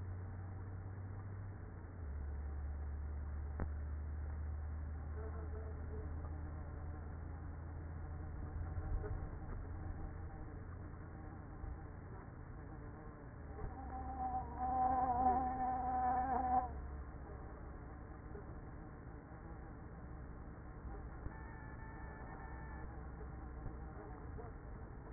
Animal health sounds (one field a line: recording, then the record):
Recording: honeybee colony, microphone inside the hive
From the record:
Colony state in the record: queenless with a low population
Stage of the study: after two queens were removed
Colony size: about 30,000 bees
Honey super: no